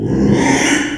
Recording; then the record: squeal of a Yucatan mini pig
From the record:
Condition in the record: after surgery on the right vocal fold (resection and tissue-engineered implant); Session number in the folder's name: 3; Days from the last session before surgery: 33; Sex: male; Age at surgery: 12 weeks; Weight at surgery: 13 kg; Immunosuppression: cyclosporine, prednisolone